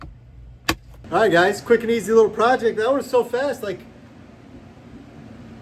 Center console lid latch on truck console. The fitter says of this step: This one actually latches. You can hear it.